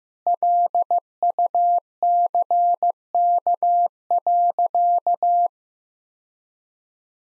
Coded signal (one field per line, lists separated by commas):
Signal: Morse code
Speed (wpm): 15 wpm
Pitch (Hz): 700 Hz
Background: none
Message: LUCK.